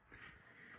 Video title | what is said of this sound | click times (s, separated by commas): Full Annual Fire System Test (NFS-320R / ECC-50/100) | You'll see that's now back to normal. You heard it click. | 0.1 s